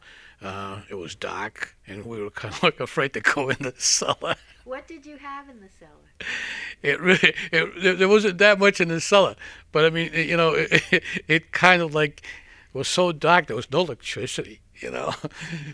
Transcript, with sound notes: It was dark and we were kind of like afraid to go in the cellar. (he laughs)
What did you have in the cellar?
It really, there wasn't that much in the cellar. But, I mean, you know, it kind of like, it was so dark. There was no electricity. You know.